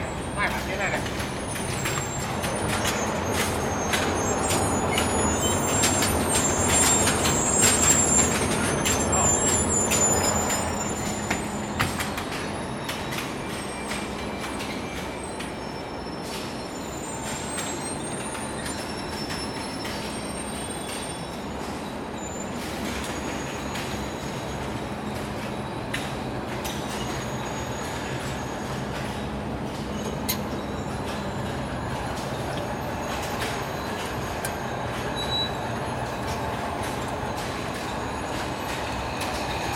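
A tea factory in Vietnam rumbles with steady machinery, a low drone and bright clatter, louder for the first ten seconds, then evenly busy.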